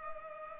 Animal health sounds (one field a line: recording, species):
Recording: mosquito wingbeat signal from an infrared sensor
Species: Culex pipiens